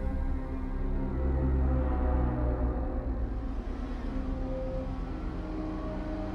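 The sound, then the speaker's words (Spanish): A car engine hums steadily in the distance, a low, even drone with layered tonal overtones that holds for several seconds without speech or other sounds. “A lo lejos escuché el zumbido de un motor de coche.”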